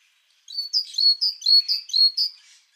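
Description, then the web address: Great tit song, a steady run of clear, high two-note units repeated about four times, each with a ringing, see-sawing quality. "wer zitschert denn da kohlmeise"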